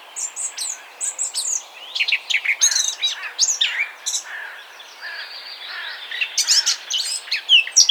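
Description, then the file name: Eurasian blackcap warbling song, starting with short high repeated notes and then rising into a rich, tumbling chatter with scratchy phrases. "Sylvia atricapilla"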